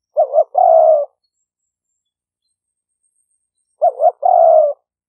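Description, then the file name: Spotted dove cooing, two phrases of a quavering double note ending in a long hoarse coo, separated by about three seconds of silence. "5 hậu" call type. "tieng-cu-gay-5-hau"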